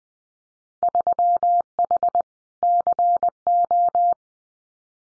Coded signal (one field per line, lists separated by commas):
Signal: Morse code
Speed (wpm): 20 wpm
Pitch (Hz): 700 Hz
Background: none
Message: 3H CO